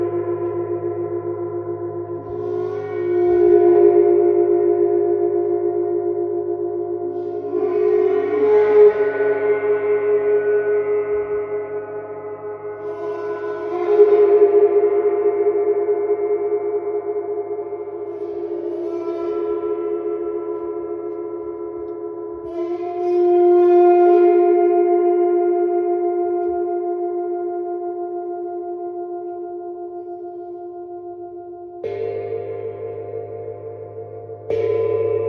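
A Neptune gong rings in long, sustained waves, its shimmering tones swelling and fading without pause. Fresh strikes land around 3, 8, 14, 23 and 32 seconds, each bringing a brighter wash over a steady low hum. A deep throbbing pulse runs underneath throughout.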